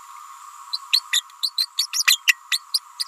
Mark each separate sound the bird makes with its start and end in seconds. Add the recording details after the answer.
0.73-0.78, 0.92-1.03, 1.13-1.21, 1.43-1.50, 1.57-1.66, 1.78-1.86, 1.93-2.04, 2.06-2.21, 2.27-2.39, 2.51-2.59, 2.74-2.79, 2.99-3.04. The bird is a female. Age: 29 days. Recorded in a nest box in Venezuela. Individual 17B31A3